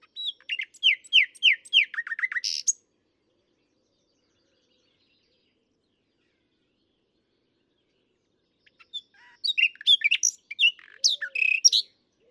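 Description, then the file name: Common nightingale song: a quick series of repeated downslurred chirps, then a long silence before another varied burst of sharp notes. "Luscinia megarhynchos"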